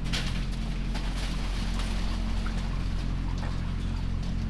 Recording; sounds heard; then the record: poultry house recording; sick chickens (respiratory disease)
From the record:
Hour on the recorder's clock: 0